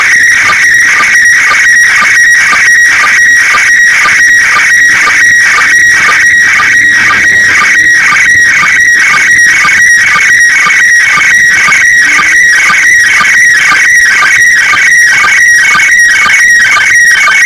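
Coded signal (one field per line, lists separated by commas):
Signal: SSTV (slow-scan television)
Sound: rhythmic warbling electronic tones repeating about twice a second, with a steady whine between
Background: radio static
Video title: รับสัญญาณ ARISS SSTV ริมหาดบางแสน by E25CHP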